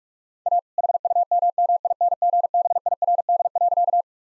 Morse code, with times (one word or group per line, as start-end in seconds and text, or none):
0.5-0.6 A
0.8-4.0 HUMMINGBIRD.